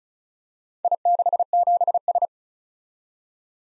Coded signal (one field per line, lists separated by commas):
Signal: Morse code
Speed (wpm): 34 wpm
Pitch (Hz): 700 Hz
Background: none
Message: I67S